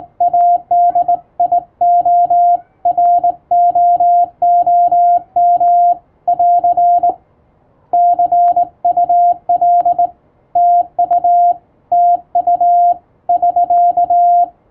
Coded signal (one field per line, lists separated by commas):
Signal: Morse code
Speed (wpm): 20 wpm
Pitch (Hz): 700 Hz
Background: radio noise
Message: ADIOROOM <AR> CUL TU TU <SK>